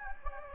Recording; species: mosquito wingbeat signal from an infrared sensor; Anopheles gambiae